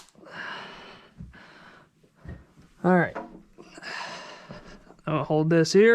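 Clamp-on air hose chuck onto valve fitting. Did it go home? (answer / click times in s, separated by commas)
no / none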